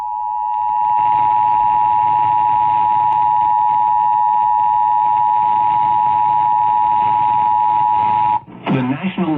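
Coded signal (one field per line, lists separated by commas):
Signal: Emergency Alert System (SAME) tones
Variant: 853 and 960 Hz attention tone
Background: speech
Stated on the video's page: Real Tornado Warning relayed on a Wisconsin TV station for a storm with radar-indicated rotation.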